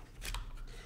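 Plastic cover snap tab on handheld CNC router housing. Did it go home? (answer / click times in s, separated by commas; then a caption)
released / 0.3 s. During the teardown of a Shaper Origin handheld CNC router, a plastic cover on the housing is pulled at its edge until a hidden snap tab lets go. A short rubbing strain builds, then one sharp snap is heard at 0.3 s, and the cover pops open.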